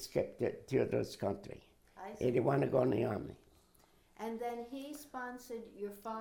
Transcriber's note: none